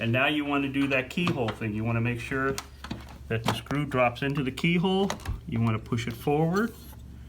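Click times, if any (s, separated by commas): none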